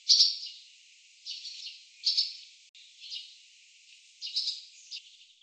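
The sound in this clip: Barn swallow calls: a few clipped, high twittering notes in small clusters, spaced a second or so apart, with quiet gaps between.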